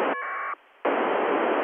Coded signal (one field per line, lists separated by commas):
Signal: packet radio (AX.25, as in APRS)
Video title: 2021 04 29 22:25z NO-104 DTMF APRStt and Packet downlink